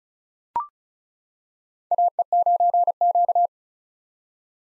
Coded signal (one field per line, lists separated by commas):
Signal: Morse code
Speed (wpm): 36 wpm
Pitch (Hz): 700 Hz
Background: none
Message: AE9Q